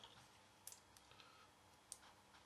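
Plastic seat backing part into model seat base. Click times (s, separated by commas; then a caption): 1.9 s. A plastic backing part of a 1/48 scale Trumpeter Su-24 Fencer model ejection seat is pressed onto the seat base before gluing. Several small clicks and taps sound, including a sharp one at 0.7 s. The sharpest click at 1.9 s marks the back seating into the base, and it is confirmed in.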